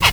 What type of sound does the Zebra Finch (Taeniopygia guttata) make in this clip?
kackle call